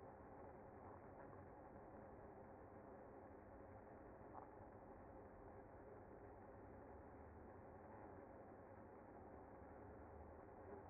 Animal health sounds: honeybee colony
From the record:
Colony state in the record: active

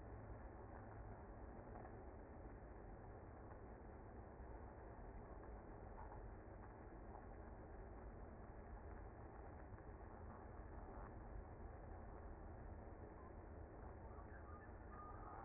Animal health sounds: honeybee colony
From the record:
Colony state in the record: active

